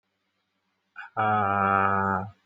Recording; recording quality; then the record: sustained vowel as in made; excellent, no background noise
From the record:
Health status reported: healthy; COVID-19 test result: not tested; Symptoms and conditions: asthma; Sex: male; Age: 22 years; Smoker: not ticked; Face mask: not worn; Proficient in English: yes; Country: India